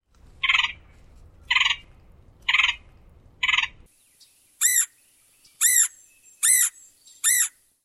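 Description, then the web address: Red-headed woodpecker giving harsh, rasping calls about once a second, first four noisy bursts over a low rumble, then four cleaner arched, ringing calls. "Thumbs Plus Zoo Field Guide"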